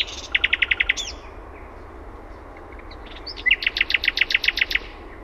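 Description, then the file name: Common nightingale song: two fast bursts of hard, repeated clicking notes, about seven in the first and about twelve in the second, separated by a pause of about two and a half seconds, over a soft background hiss. Own recording, Finland. "ETELAN SATAKIELI"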